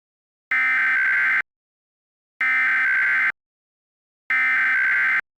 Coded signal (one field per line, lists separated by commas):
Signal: Emergency Alert System (SAME) tones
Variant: header bursts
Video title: a Severe T-storm Warning (EAS Mock)(Re-upload)